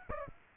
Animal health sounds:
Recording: mosquito wingbeat signal from an infrared sensor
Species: Aedes aegypti

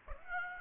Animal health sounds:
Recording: mosquito wingbeat signal from an infrared sensor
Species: Aedes aegypti

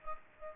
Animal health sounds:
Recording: mosquito wingbeat signal from an infrared sensor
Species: Aedes aegypti

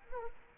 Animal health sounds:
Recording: mosquito wingbeat signal from an infrared sensor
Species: Culex quinquefasciatus

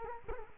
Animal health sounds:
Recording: mosquito wingbeat signal from an infrared sensor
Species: Culex quinquefasciatus

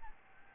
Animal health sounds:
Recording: mosquito wingbeat signal from an infrared sensor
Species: Aedes albopictus

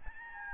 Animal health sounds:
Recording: mosquito wingbeat signal from an infrared sensor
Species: Aedes albopictus

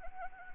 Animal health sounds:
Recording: mosquito wingbeat signal from an infrared sensor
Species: Anopheles gambiae

